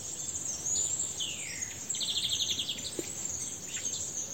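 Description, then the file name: European greenfinch call: a falling slurred note, then a brief fast trill, over a constant high hiss. "Chloris chloris"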